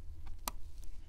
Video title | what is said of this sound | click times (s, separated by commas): Dell PowerEdge M620 Blade Server Review & Overview - Memory Install Tips - How to Configure RAM | you wanna hear it on both sides okay that's how you know that the module is fully inserted | 0.5 s